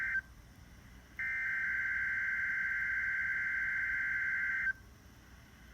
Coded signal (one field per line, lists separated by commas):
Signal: Emergency Alert System (SAME) tones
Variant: header bursts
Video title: Last weekly tests of November from 11/22/20 - 11/25/20 EAS#382-384